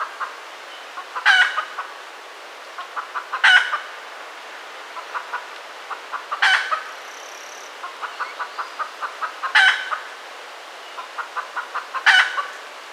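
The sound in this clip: Red junglefowl clucking in quick, evenly spaced series, broken about every two to three seconds by five short, loud, harsh squawks.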